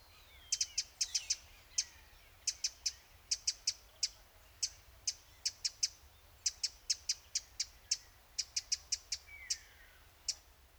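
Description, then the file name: Eurasian wren repeating hard, clicking ticks, alone and in short bursts, irregularly throughout. "Troglodytes troglodytes"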